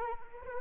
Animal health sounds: mosquito wingbeat signal from an infrared sensor; Anopheles arabiensis

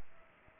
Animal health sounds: mosquito wingbeat signal from an infrared sensor; Culex pipiens

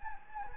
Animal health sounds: mosquito wingbeat signal from an infrared sensor; Anopheles gambiae

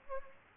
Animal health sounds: mosquito wingbeat signal from an infrared sensor; Aedes aegypti

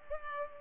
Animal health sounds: mosquito wingbeat signal from an infrared sensor; Culex pipiens

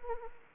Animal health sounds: mosquito wingbeat signal from an infrared sensor; Anopheles arabiensis

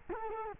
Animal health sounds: mosquito wingbeat signal from an infrared sensor; Culex quinquefasciatus

